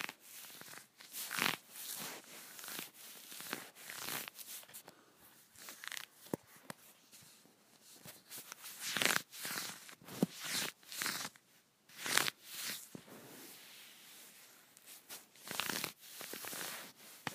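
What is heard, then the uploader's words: Fabric is scratched, with repeated rasping strokes that come in irregular bursts, roughly one or two per second, each a short bright hiss. Between strokes it drops to near silence, and a few sharper clicks stand out around nine and twelve seconds. ASMR Scratching my Leggings.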